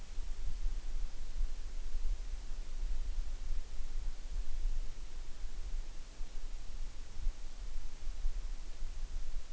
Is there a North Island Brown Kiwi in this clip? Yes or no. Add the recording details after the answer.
no. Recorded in New Zealand on 8 June 2013. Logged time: 02:19